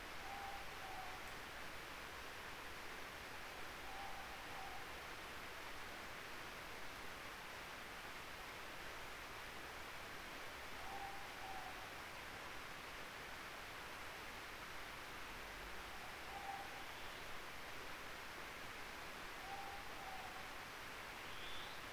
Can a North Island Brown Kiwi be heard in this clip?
no